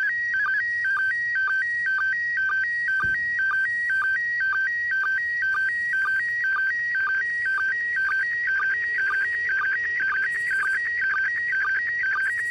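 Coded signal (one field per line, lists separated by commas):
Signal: SSTV (slow-scan television)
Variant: PD120 mode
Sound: warbling tone alternating between two pitches, with a short low blip about twice a second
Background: faint radio hiss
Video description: Decoding SSTV from the International Space Station on 145.800 MHz PD120 mode.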